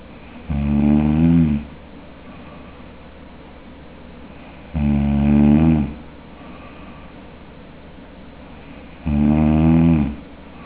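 Three loud, low, rattling snores on inhaling, about 14 a minute, with quiet gaps between. This is palatal snoring, a vibration of the soft palate during sleep breathing.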